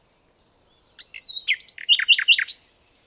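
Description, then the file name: Common nightingale song phrase: a thin, drawn-out high whistle, then a few short chips and a quick run of rich, repeated notes ending in a burst. "Luscinia megarhynchos"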